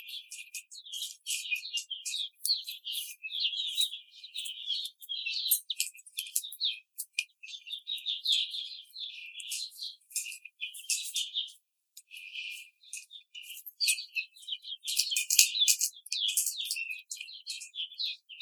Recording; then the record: young laying hens in a cage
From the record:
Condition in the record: treatment cage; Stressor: simulated dog barking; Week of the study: 5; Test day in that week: 1